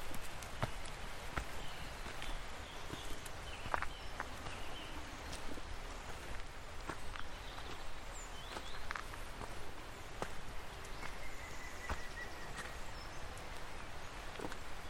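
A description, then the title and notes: A rain-swollen stream rushes steadily beneath dripping trees, a dense, even wash from low to high. Sharp drips and knocks land irregularly throughout, while thin bird calls and short whistled phrases surface faintly here and there, including a brief trill near the twelfth second. Soothing sounds of spring stir in a Welsh rainforest. You're among the moss and ferns of a Welsh rainforest in early spring. Against the backdrop of a stream swollen with rain, the trees are dripping – and the birds stirring. Recorded by Fergus Collins.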